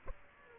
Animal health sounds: mosquito wingbeat signal from an infrared sensor; Aedes aegypti

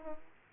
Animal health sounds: mosquito wingbeat signal from an infrared sensor; Aedes aegypti

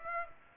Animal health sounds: mosquito wingbeat signal from an infrared sensor; Aedes aegypti

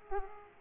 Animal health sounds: mosquito wingbeat signal from an infrared sensor; Aedes aegypti

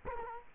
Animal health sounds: mosquito wingbeat signal from an infrared sensor; Culex quinquefasciatus

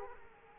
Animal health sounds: mosquito wingbeat signal from an infrared sensor; Culex quinquefasciatus

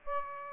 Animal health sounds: mosquito wingbeat signal from an infrared sensor; Aedes aegypti

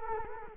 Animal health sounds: mosquito wingbeat signal from an infrared sensor; Culex quinquefasciatus

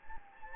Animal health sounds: mosquito wingbeat signal from an infrared sensor; Anopheles gambiae

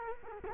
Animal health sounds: mosquito wingbeat signal from an infrared sensor; Culex quinquefasciatus

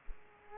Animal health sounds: mosquito wingbeat signal from an infrared sensor; Aedes aegypti

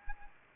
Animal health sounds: mosquito wingbeat signal from an infrared sensor; Anopheles arabiensis

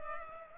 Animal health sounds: mosquito wingbeat signal from an infrared sensor; Culex pipiens

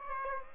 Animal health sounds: mosquito wingbeat signal from an infrared sensor; Aedes aegypti

